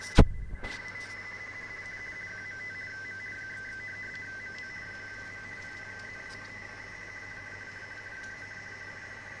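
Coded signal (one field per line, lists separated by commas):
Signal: RTTY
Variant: DDK9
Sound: steady fast warbling between two close tones, continuous teleprinter chatter after a click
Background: radio static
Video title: 10100KHz USB RTTY Weather Forecasts DDK9 received on my ICOM IC-720A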